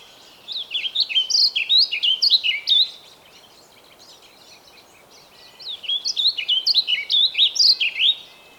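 Bird song: two phrases of rapid, twittering, down-slurred whistles, the second starting about three seconds after the first ends.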